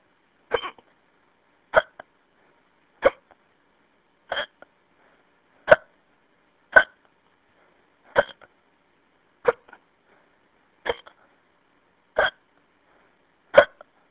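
Eleven short, sharp gulping bursts from an adult come at a steady interval of about 1.3 seconds, roughly 45 a minute, with quiet in between. Each sounds like a sudden caught breath, typical of repeated hiccups, heard over a phone line as a phone message.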